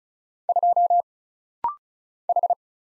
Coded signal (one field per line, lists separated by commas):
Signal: Morse code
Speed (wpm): 34 wpm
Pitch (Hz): 700 Hz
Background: none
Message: 2 H